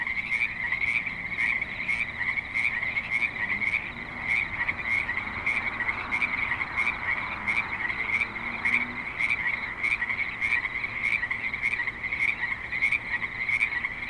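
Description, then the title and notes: Frog chorus with rapid, regular croaking pulses throughout, a constant overlapping trill beneath, and a faint low rumble in the background. Frogs at a creek in Spanish Springs, Nevada, in a suburban setting with light traffic and other suburban sounds. "Frogs in Spanish Springs, NV - creek view. Frogs with light traffic and other suburban sounds"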